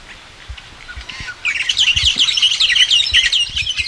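Bird calls: after a quiet first second and a half, a dense run of high, rapid chirps and twittering notes continues to the end, with faint low thumps underneath.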